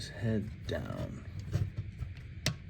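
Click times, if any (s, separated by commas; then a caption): 2.5 s. Someone talks while folding the plastic head of a Hasbro Transformers Age of the Primes Prima Prime action figure down into its torso during transformation. A couple of faint ticks are followed by one sharp, loud click at 2.5 s as the head locks into place.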